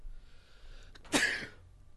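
A single abrupt, hissy burst of air lasts about a third of a second against a quiet room background. It is one unexpected sneeze into a microphone, partly muted, so it sounds muffled and clipped rather than full.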